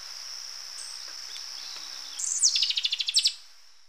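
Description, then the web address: Black-and-white seedeater gives a rapid chipping series that opens with a downslurred note and closes with higher notes, over a steady high drone. Recorded in Ecuador. "Birds of Ecuador. Black-and-white Seedeater"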